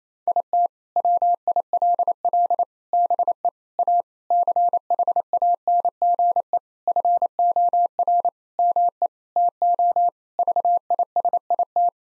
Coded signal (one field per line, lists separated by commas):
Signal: Morse code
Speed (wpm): 28 wpm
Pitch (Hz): 700 Hz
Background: none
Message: IT WILL BE A CHANGE FOR ME TO VISIT